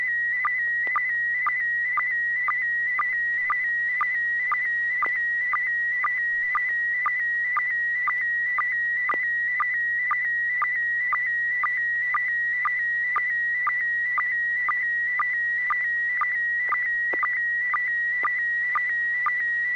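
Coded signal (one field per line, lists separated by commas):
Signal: SSTV (slow-scan television)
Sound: steady warbling whistle near 2 kHz with quick low chirps about twice a second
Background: low steady hum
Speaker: Bob, you're first, N6PGQ. Are you ready to share a picture?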